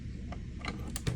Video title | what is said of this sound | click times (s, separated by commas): MOPC Network Unboxing the Nokia Beacon 3.1 Beacon | with just slight pressure until you hear a click. | 1.0 s